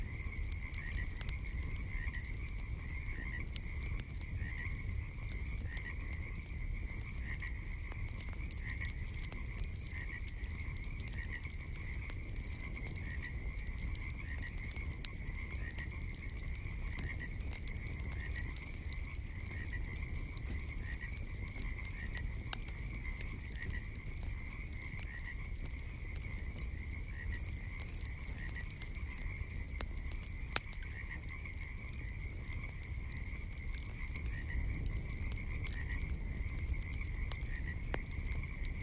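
A steady, dense chorus of frogs trills and croaks throughout, with a constant low rumble underneath and occasional sharp clicks.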